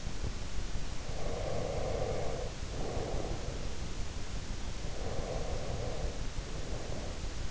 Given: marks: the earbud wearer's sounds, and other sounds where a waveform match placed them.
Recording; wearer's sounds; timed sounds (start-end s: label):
sounds in sleep by an in-ear microphone; breath
0.95-3.79 s: breath
4.82-7.51 s: breath